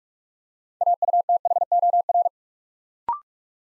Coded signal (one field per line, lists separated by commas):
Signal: Morse code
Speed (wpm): 44 wpm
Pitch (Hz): 700 Hz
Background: none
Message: AUTHOR